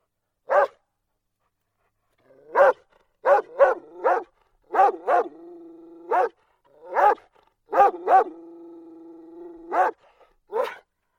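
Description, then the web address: Dog barking in short sharp bursts, single woofs then quick runs of two or three, with two drawn-out whining tones held between barks. "animali cani cani dog"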